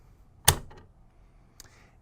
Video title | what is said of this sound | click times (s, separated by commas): Kirby Upright Walkthrough | handle clicks right in and | 0.5 s